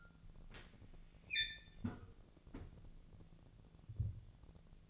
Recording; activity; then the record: daily activity, microphone in the room; close fridge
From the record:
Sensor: 4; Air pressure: 1000.9 hPa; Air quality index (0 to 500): 128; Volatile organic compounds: 1 ppm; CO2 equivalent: 956 ppm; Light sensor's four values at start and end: 30/73/31/33 and 32/78/33/35